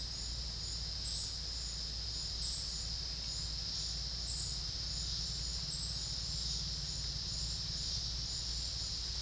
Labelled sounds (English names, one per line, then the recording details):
none
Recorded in secondary vegetation near Puerto Asís, Putumayo, Colombia, on 4 March 2025 at 11:00
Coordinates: 0.498, -76.327
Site G001